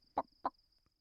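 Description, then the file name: Chicken clucking: two short, low, throaty clucks about a quarter second apart, with a faint steady high-pitched whine running underneath. "Huhn"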